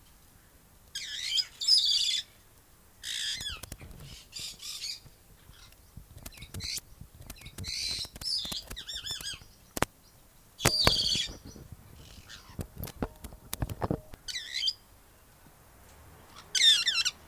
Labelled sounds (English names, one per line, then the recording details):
Black-headed Parrot call
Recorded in captivity
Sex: pair
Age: adult
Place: Tiergarten Wilhelma/Stuttgart, Baden-Württemberg, DE
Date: 2000-09-22 17:56
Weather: bedeckt, 15°C
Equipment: Nagra SN, Kopie Uher 4000 Report Monitor
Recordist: Tembrock, Günter